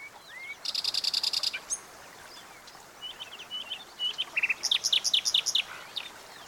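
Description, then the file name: Common nightingale song: a rapid buzzy trill of repeated notes, then soft scattered chirps, ending in a loud series of sharp whistled notes repeated quickly, over steady background hiss. "Luscinia megarhynchos"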